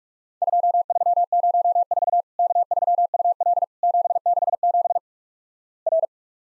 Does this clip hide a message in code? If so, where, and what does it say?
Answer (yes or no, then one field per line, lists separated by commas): yes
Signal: Morse code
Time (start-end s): 0.4-6.1 s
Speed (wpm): 48 wpm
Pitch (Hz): 700 Hz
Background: none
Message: 2304 K3UL 767 R